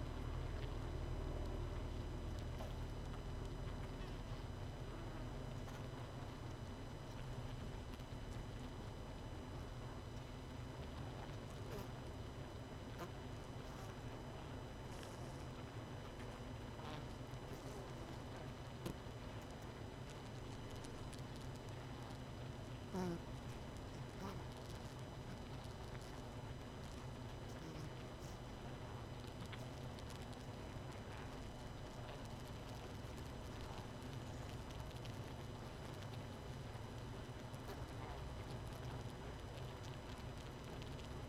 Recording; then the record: honeybee colony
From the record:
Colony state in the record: missing queen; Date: 31 May 2018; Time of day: 21:36